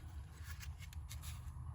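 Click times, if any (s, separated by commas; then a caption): none. A plastic piano black dash air vent for a 2015+ Subaru WRX is handled as its long tabs are felt for and lined up against the dashboard trim opening before being pushed in. Faint light taps and scrapes, sharpest around 0.9 and 1.1 seconds, sit over a steady low rumble. Nothing has seated or snapped yet.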